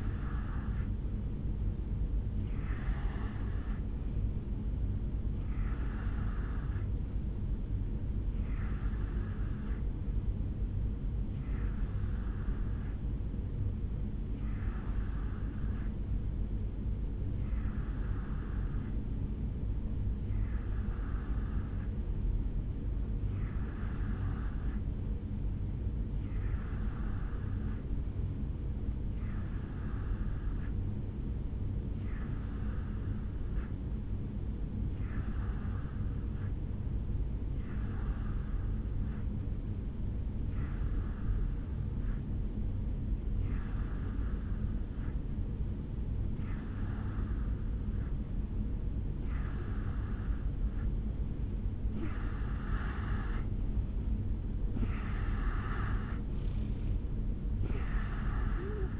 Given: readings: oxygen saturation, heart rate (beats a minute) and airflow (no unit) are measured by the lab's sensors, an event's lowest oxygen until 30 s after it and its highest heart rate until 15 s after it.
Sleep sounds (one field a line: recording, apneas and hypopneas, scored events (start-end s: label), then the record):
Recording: breathing in sleep by a smartphone at the bedside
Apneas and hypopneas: 1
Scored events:
12.00-54.40 s: hypopnea (N2, oxygen 93% highest, then 88% lowest, heart rate 63 at the start, 72 highest)
53.00-59.00 s: new sleep stage, N3 (deep sleep)
From the record:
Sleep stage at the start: N2 (light sleep)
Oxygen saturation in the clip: 88 to 93%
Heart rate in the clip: 62 to 72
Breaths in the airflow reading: 20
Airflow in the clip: -4.7 to 3.2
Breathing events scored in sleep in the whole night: 449 in 7.0 hours asleep